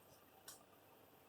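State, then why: Seated. A screw is turned into the plastic shell of a PlayStation One (PSone) controller and drops into its original, existing thread with a single short, bright click at 0.5 s over a faint background hiss. The screw is seated in the right thread.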